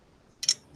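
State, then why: Torque reached. A click-type torque wrench tightens the second caliper bracket bolt until it clicks at 0.4 s, with a second, louder sharp burst following at about 0.5 s over a quiet background. The bolts are now torqued to spec, so the brakes don't come apart while the car is being driven.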